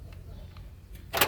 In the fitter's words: oh pinaka original na lock namin ila-lock namin